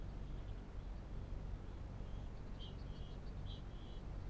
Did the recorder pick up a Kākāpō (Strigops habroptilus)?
yes